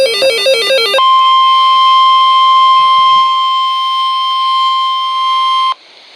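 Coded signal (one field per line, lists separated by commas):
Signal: Emergency Alert System (SAME) tones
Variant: 1050 Hz attention tone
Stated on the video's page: Alerts from a severe weather event, received on NOAA Weather Radio.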